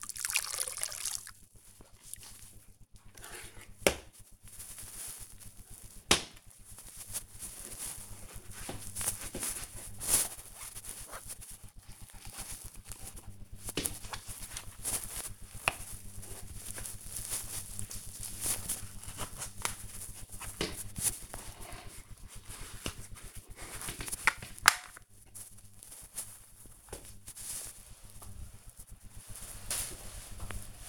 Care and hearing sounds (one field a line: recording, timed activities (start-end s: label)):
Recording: household activities, microphone on the right wrist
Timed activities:
0.00-30.89 s: floor cleaning